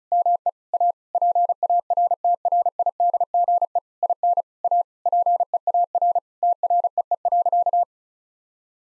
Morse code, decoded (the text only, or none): ME A PARTRIDGE IN A PEAR TREE.